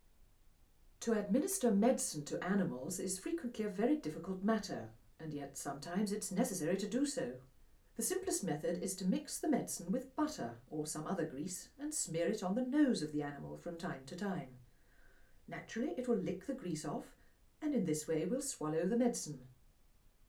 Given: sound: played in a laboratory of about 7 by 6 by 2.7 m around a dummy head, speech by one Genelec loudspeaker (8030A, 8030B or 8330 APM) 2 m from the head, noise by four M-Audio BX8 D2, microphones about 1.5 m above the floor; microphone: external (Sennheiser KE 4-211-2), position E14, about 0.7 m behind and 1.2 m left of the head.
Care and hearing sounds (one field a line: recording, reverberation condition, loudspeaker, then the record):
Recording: female speech in English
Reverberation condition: low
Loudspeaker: 30 degrees to the left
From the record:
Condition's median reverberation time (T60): about 310 ms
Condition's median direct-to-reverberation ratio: about 3.5 dB